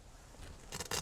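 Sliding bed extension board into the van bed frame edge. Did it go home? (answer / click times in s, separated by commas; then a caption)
yes / 0.9 s. A bed board is pulled out of the bed frame in a van and slid across to extend the bed, giving a soft sliding rasp. It clicks into place at the frame edge with a short hit at 0.9 seconds.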